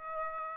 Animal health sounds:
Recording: mosquito wingbeat signal from an infrared sensor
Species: Aedes aegypti

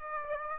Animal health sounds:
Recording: mosquito wingbeat signal from an infrared sensor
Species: Aedes aegypti

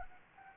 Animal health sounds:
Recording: mosquito wingbeat signal from an infrared sensor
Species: Anopheles gambiae

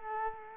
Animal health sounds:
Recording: mosquito wingbeat signal from an infrared sensor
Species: Culex quinquefasciatus

